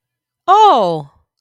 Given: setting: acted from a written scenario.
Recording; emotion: vocal sound without words; positive surprise